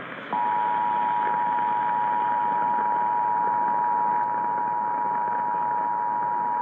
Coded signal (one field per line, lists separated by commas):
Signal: Emergency Alert System (SAME) tones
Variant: 853 and 960 Hz attention tone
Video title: THE EASS?? WJR: Yes. EAS Alerts from 10/1/19 - 10/30/19 (EAS #3,366 - 3,388)